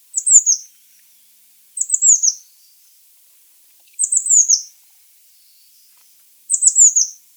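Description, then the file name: Eurasian blue tit giving high, sibilant phrases of quick falling notes, four phrases about two seconds apart, with nothing else audible. "Cyanistes caeruleus"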